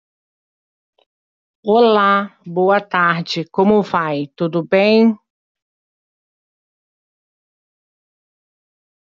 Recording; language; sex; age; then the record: spoken sentence; Brazilian Portuguese; female; 60 to 69 years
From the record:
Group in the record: control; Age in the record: 63 years